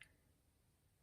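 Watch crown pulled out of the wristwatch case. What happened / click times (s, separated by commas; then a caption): A small metal detent clicked out to its next position / 0.0 s. The crown of a Citizen BL5400-52A perpetual calendar chronograph wristwatch is pulled out of the watch case to the alarm-setting position, which takes two detent clicks. One short, sharp click is heard at 0.0 s, followed by only a faint low background hum for the rest of the clip. The crown clicks out to the setting position, but the second click is too faint to pick out or falls outside this stretch.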